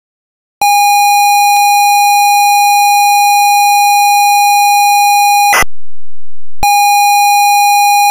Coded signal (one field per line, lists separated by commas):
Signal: ZX Spectrum tape loading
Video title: The Trap Door (1986) - Sinclair ZX Spectrum (Full Tape Rip / Cassette Load)